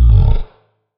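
Lion giving a single short, deep, rough grunt lasting about half a second, then silence.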